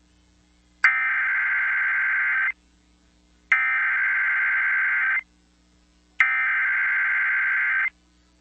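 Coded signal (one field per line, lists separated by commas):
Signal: Emergency Alert System (SAME) tones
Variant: header bursts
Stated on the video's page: Alerts captured during a hurricane affecting Puerto Rico.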